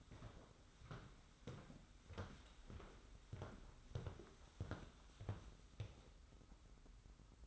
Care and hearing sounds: daily activity, microphone in the room; walk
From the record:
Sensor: 3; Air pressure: 991.6 hPa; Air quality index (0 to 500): 180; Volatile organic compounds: 1000 ppm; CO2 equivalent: 5998 ppm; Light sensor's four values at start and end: 40/113/46/40 and 28/78/31/28

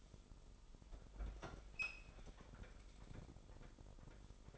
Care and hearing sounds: daily activity, microphone in the room; open fridge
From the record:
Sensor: 5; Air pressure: 988.5 hPa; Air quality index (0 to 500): 220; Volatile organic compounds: 128 ppm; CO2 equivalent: 3916 ppm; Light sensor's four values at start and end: 41/127/49/53 and 42/126/49/53

